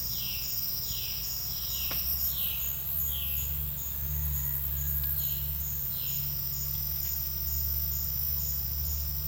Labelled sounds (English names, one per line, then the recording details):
Violaceous Jay
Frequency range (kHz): Violaceous Jay 2.0-4.6 kHz
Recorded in secondary vegetation near Puerto Asís, Putumayo, Colombia, on 9 March 2025 at 10:00
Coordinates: 0.498, -76.327
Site G001